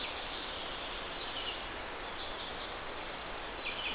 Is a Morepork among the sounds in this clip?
no